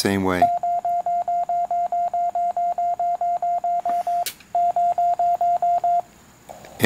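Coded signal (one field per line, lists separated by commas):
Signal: none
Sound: antenna tuner beeps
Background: speech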